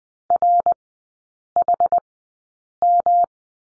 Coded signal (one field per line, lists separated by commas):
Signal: Morse code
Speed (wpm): 20 wpm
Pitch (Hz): 700 Hz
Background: none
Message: RHM